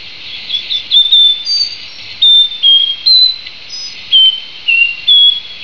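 Nightingale wren song: pure whistled notes, each on its own pitch, some sliding slightly, spaced irregularly with soft hiss behind.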